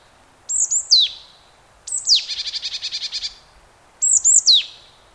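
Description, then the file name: Marsh tit giving sharp downward-sweeping call notes in short groups, with one burst of a harsh, evenly pulsed buzzing series between them. "Poecile palustris"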